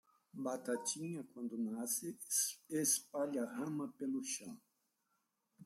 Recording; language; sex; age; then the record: short text; Brazilian Portuguese; male; 60 to 69 years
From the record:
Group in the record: control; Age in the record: 62 years